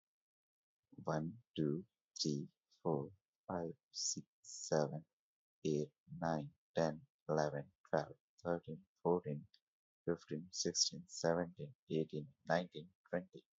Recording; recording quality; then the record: counting at a normal pace; excellent, no background noise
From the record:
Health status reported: healthy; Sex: male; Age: 25 years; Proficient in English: yes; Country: India